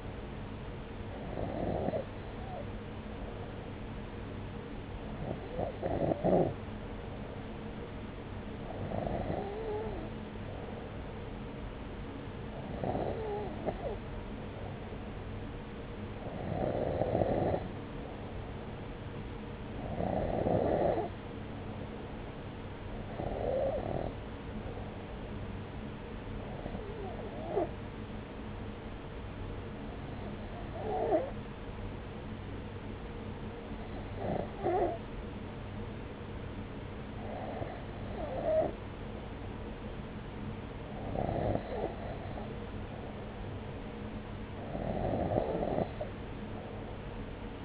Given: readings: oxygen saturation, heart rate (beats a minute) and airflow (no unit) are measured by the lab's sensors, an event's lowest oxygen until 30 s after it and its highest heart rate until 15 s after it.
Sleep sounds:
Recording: breathing in sleep by a voice recorder at the bedside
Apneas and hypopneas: 1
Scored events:
28.00-42.30 s: hypopnea (N2, oxygen 94% highest, then 93% lowest)
From the record:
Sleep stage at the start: N2 (light sleep)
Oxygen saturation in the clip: 93 to 94%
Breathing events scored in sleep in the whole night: 303 in 8.1 hours asleep

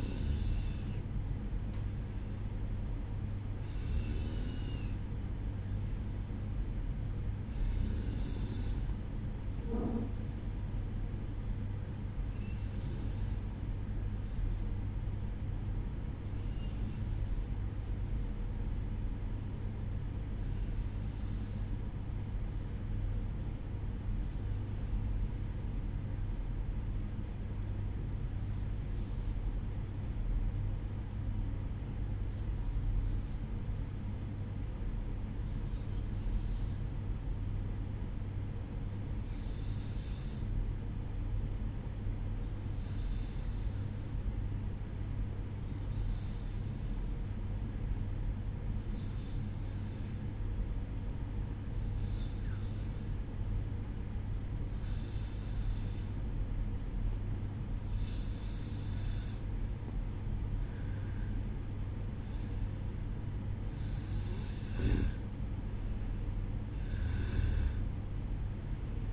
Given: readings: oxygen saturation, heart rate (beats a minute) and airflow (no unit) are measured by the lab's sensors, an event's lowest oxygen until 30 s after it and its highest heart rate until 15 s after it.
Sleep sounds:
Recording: breathing in sleep by a smartphone at the bedside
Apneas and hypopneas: 1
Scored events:
14.00-57.00 s: hypopnea (N2, oxygen 95% highest, then 91% lowest, heart rate 60 at the start, 70 highest)
63.00-69.13 s: new sleep stage, N1 (lightest sleep)
From the record:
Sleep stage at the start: N2 (light sleep)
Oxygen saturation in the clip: 91 to 95%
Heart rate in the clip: 58 to 70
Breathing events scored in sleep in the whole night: 305 in 9.6 hours asleep

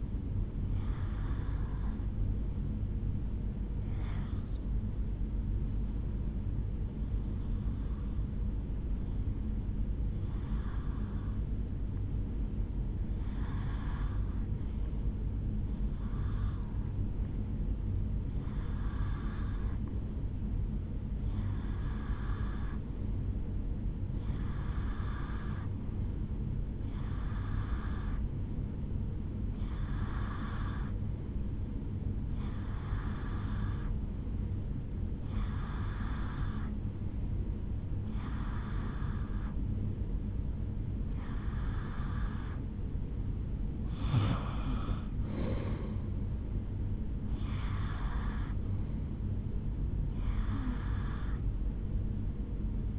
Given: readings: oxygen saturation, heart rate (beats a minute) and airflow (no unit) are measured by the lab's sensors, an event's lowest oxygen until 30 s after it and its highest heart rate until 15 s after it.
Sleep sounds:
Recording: breathing in sleep by a smartphone at the bedside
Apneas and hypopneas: 1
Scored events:
11.00-31.90 s: hypopnea (N1, oxygen 95% highest, then 91% lowest, heart rate 71 at the start, 75 highest)
From the record:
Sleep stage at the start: N1 (lightest sleep)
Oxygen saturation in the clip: 91 to 95%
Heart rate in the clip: 70 to 77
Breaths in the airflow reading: 18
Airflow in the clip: -9.3 to 7.7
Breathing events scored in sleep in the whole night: 449 in 7.0 hours asleep

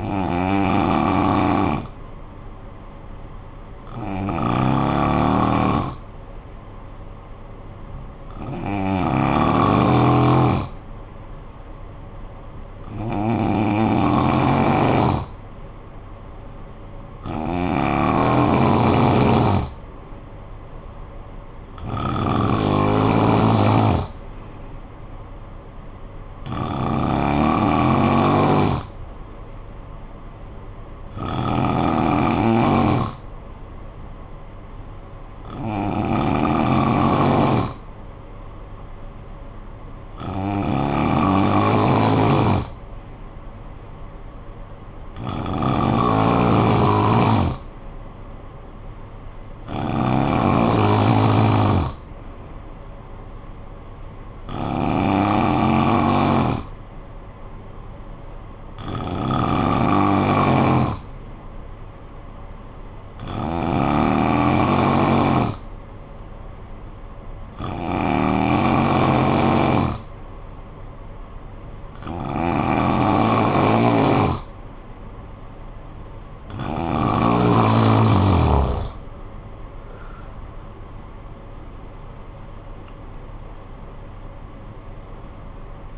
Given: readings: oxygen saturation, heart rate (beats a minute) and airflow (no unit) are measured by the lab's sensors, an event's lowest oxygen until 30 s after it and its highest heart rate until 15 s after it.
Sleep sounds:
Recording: breathing in sleep by a smartphone at the bedside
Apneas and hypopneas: 1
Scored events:
61.00-78.10 s: hypopnea (N2, oxygen 93% highest, then 90% lowest, heart rate 52 at the start, 70 highest)
From the record:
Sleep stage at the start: N2 (light sleep)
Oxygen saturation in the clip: 87 to 93%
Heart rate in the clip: 52 to 70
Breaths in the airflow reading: 19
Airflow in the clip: -12.4 to 13.6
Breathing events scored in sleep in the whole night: 445 in 7.6 hours asleep

